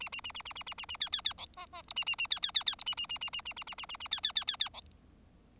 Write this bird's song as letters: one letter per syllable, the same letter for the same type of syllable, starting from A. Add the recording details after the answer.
A A A A A A A A A B B B C D D E A A A B B B B E A A A A A A A A A A A B B B B B C. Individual Bird4